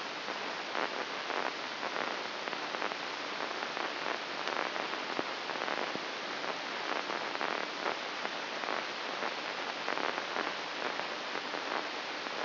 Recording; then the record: brain microelectrode recording played as sound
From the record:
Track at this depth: inside the subthalamic nucleus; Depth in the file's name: 3.402 mm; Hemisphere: right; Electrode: 2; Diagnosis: Parkinson's disease